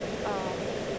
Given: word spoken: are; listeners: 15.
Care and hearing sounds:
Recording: one English word in noise, from a listening test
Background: speech-shaped noise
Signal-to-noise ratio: -4.7 dB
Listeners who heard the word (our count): 1 of 15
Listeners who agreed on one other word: 6 of 15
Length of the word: 0.59 s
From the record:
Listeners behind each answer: 6, 2, 2, 1, 1, 1, 1, 1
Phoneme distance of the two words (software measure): 7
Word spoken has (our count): 1 syllable, 1 phoneme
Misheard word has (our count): 1 syllable, 2 phonemes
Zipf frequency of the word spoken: 6.82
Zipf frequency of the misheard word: 4.70

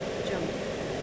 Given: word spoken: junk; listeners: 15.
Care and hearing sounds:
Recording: one English word in noise, from a listening test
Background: speech-shaped noise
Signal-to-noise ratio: -6.1 dB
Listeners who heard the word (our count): 2 of 15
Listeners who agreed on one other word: 13 of 15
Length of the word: 0.62 s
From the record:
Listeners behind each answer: 13, 2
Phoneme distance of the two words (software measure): 20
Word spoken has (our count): 1 syllable, 4 phonemes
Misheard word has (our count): 1 syllable, 4 phonemes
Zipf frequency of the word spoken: 3.97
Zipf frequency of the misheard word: 4.84

